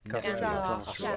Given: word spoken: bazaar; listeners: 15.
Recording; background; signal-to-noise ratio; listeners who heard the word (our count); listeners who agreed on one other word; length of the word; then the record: one English word in noise, from a listening test; four-talker babble; 0.4 dB; 0 of 15; 6 of 15; 0.76 s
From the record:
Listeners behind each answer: 6, 1, 1, 1, 1, 1, 1, 1, 1, 1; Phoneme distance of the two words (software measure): 10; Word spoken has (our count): 2 syllables, 4 phonemes, stress on syllable 2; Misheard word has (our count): 2 syllables, 4 phonemes, stress on syllable 2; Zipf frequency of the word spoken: 2.90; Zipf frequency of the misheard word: 4.22